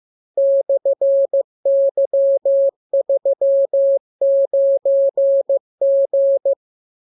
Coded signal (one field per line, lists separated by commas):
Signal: Morse code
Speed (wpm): 15 wpm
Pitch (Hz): 550 Hz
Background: none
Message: /Y39G